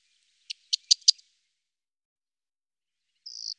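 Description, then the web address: Corn bunting song: a few dry ticking notes quickening over half a second, then after a pause a short high buzzy jangle, with no other sounds. "IVN Zangvogels. Grauwe gors"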